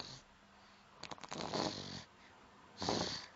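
Irregular snorting, raspy snore bursts from a sleeping pet, a harmless sleep sound close to the microphone.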